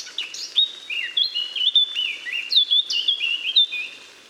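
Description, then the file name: Eurasian blackcap song: a fast run of varied whistled notes, bright and fluty, ending in a fading flourish. "Sylvia atricapilla"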